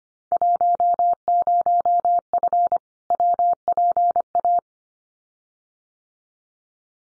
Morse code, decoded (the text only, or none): 10F WPA